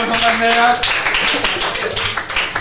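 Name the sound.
audience applause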